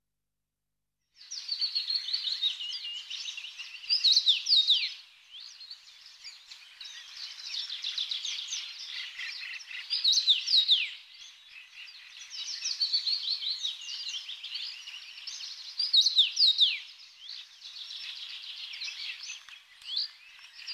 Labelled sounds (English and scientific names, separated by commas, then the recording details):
Common Rosefinch (Carpodacus erythrinus) song
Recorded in the wild
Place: Pripyatskiy NP, BY
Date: 2005-05-25
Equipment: Minidisc Sony MZ-R35, Telinga DAT, Telinga-Parabolspiegel
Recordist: Schwarz, Dieter